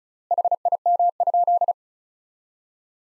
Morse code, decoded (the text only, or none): HIM?